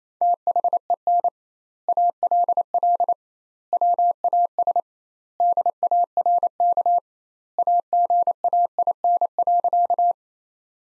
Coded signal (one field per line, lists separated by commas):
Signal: Morse code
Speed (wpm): 28 wpm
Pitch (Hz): 700 Hz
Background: none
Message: THEN ALL WAS DARK AGAIN.